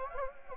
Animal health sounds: mosquito wingbeat signal from an infrared sensor; Anopheles gambiae

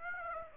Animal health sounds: mosquito wingbeat signal from an infrared sensor; Aedes aegypti

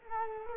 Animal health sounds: mosquito wingbeat signal from an infrared sensor; Culex quinquefasciatus

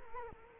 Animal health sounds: mosquito wingbeat signal from an infrared sensor; Culex quinquefasciatus

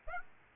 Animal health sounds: mosquito wingbeat signal from an infrared sensor; Aedes aegypti

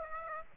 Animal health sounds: mosquito wingbeat signal from an infrared sensor; Aedes aegypti

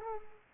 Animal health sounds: mosquito wingbeat signal from an infrared sensor; Culex pipiens

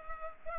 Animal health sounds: mosquito wingbeat signal from an infrared sensor; Culex pipiens

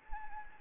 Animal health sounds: mosquito wingbeat signal from an infrared sensor; Anopheles gambiae

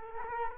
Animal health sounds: mosquito wingbeat signal from an infrared sensor; Culex quinquefasciatus

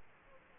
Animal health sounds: mosquito wingbeat signal from an infrared sensor; Aedes aegypti

